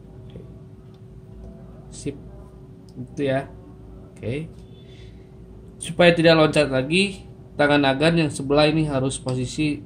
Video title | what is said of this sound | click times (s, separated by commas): CARA PASANG SPRING UPGRADE MAKAROV KWC_ | Kita tarik bagian kaki per ini sampai ngunci ke bawah. Oke. Sip, itu | 0.3 s, 0.4 s